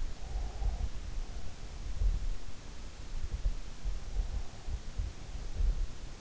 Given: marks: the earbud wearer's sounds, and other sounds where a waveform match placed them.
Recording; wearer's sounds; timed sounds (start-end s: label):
sounds in sleep by an in-ear microphone; breath
0.11-2.02 s: breath